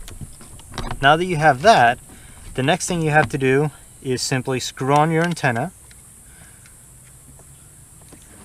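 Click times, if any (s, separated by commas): 0.8 s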